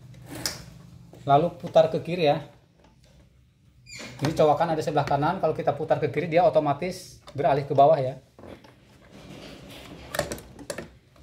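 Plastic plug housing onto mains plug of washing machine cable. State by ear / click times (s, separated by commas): seated / 10.7 s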